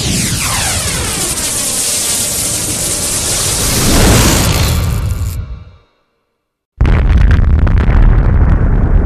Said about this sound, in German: Schließt die Augen und konzentriert euch. Ich beginne mit der Teleportation. Jetzt.